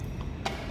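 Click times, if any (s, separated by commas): 0.5 s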